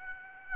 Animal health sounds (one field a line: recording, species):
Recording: mosquito wingbeat signal from an infrared sensor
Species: Aedes aegypti